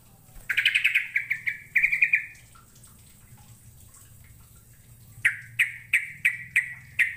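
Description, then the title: Bird song with two fast bursts of bright chirps, a pause, then a row of several sharp chirps. A low steady hum sits underneath. "Kicau Burung"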